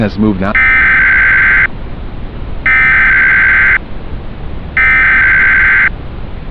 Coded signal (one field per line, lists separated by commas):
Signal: Emergency Alert System (SAME) tones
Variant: header bursts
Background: speech